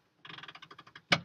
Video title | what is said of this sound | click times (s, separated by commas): Carseat Discharge Teaching for Nurses | now as I let go you're gonna hear a second type of click that means the seatbelts locked | 0.2 s, 0.5 s, 0.6 s, 1.0 s, 1.1 s